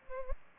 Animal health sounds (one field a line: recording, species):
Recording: mosquito wingbeat signal from an infrared sensor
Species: Culex pipiens